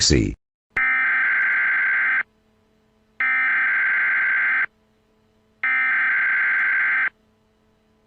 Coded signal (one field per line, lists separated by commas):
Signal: Emergency Alert System (SAME) tones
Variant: header bursts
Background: speech